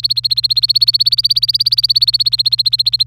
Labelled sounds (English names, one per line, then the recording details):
Domestic Canary song
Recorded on 25 April 2018 at 17:50
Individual llb3